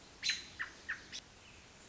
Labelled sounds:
American Robin (Turdus migratorius)
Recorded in Sonoma County, California

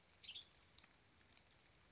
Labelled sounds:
Western Tanager (Piranga ludoviciana)
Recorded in Sonoma County, California

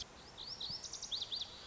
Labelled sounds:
Lazuli Bunting (Passerina amoena)
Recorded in Sonoma County, California

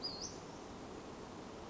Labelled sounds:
Western Flycatcher (Empidonax difficilis)
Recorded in Sonoma County, California

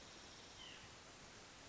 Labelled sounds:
White-breasted Nuthatch (Sitta carolinensis)
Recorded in Sonoma County, California

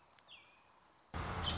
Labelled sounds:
American Robin (Turdus migratorius)
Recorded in Sonoma County, California

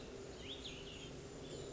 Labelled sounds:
Cassin's Vireo (Vireo cassinii)
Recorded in Sonoma County, California

